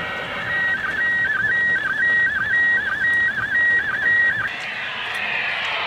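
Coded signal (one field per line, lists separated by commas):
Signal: SSTV (slow-scan television)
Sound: steady warbling whistle tone repeating about twice a second, with quick downward chirps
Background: radio static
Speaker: right we got a pretty good one there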